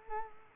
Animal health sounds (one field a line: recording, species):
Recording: mosquito wingbeat signal from an infrared sensor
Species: Culex quinquefasciatus